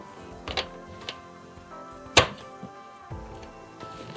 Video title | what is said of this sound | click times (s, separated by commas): Точка доступа MikroTik LHG LTE6 kit | Основна лапка кріпиться тут до фіксації. | 2.2 s